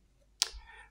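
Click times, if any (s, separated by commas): 0.4 s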